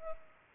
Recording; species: mosquito wingbeat signal from an infrared sensor; Culex pipiens